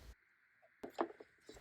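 The plastic dust bin latch on a Fakir Robert RS760 robot vacuum is released and the bin is opened. A short plastic rattle at 0.8 s leads into a sharp click at 1.0 s as the latch lets go, followed by light handling clatter. The latch releases and the dust bin comes open.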